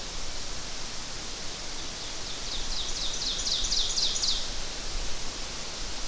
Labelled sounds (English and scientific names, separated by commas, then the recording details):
Ovenbird (Seiurus aurocapilla) song
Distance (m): 35 m
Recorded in boreal forest in Alberta, Canada, on 12 June 2016 at 06:50
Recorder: SongMeter 3, array SBT-3-18
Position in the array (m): 246 m, 95 m
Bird 31